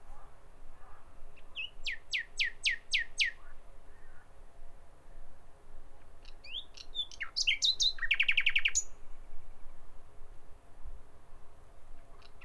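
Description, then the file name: Common nightingale song: a quick string of six sharp repeated notes, a pause, then a loud buzzy rattling trill. "Nachtigall"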